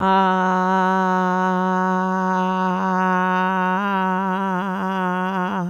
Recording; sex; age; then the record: sustained vowel /a/; female; 60 to 69 years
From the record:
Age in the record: 63 years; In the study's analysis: included